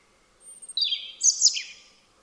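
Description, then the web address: European robin song: a thin high note leads into a quick, squeaky, jumbled warble. Bird only, with no other sounds. "Deverinetal 2025 File origin Bird Only Er Ru"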